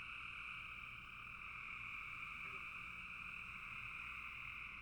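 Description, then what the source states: Frogs in full chorus, a constant two-toned trilling drone holding level from start to finish. Frogs calling in a bog.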